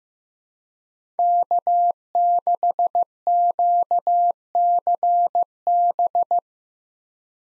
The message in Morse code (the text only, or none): K6QCB